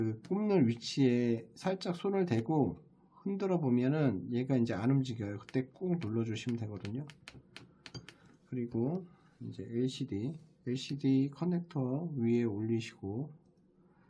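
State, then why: Seated. A flex cable connector on an iPhone 14 Pro, during a battery replacement, is positioned so it no longer wobbles and then pressed firmly onto its logic board socket while someone talks. Short sharp clicks are heard at 7.6 s and 7.9 s, with two smaller ticks around 8.0 s and 8.1 s. The connector is seated.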